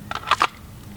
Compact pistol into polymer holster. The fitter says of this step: I could drop my 26 right into my Blade Tech holster and it'll snap right in place.